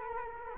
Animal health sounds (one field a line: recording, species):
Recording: mosquito wingbeat signal from an infrared sensor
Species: Culex quinquefasciatus